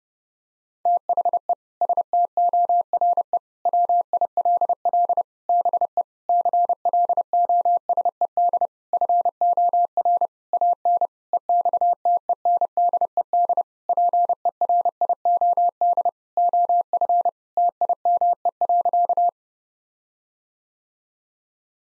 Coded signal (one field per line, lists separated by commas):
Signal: Morse code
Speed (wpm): 30 wpm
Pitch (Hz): 700 Hz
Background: none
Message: THE STORE WILL BE CLOSED FOR AN EXTENDED PERIOD OF TIME.